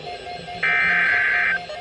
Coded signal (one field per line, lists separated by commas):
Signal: Emergency Alert System (SAME) tones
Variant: header bursts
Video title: (DOUBLE HEADER!/Extended￼) EAS Severe Thunderstorm Warning on NOAA Radios (7/14/2024) EAS #409-410